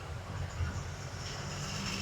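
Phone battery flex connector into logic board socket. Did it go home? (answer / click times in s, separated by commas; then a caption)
no / none. During a phone display and battery replacement, the battery's board-to-board flex connector is pressed onto the logic board socket. Only a steady low rumble and background hum are heard, with no distinct click. The connector has not clicked into place yet.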